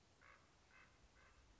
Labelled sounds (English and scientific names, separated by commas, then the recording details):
Common Raven (Corvus corax)
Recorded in Sonoma County, California